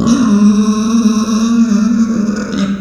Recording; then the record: squeal of a Yucatan mini pig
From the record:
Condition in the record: after surgery on the right vocal fold (resection and tissue-engineered implant); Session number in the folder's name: 9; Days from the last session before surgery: 65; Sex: female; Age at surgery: 19 weeks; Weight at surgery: 25 kg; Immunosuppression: prednisolone